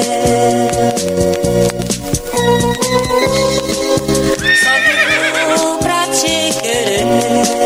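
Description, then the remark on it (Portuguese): A horse whinnies with a wavering, high-pitched neigh midway through a live DJ set at Maloca do Pureza, against a loud, steady music bed with a rhythmic bass line and possible clip-clopping hooves. “Equipe Cavalo Branco.”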